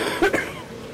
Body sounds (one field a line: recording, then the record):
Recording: coughing mixed with background sound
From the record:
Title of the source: 31 night wet cough